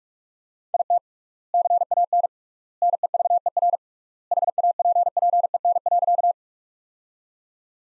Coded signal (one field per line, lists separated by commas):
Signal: Morse code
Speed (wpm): 42 wpm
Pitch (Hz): 700 Hz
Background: none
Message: IT CAN NEVER HAPPEN.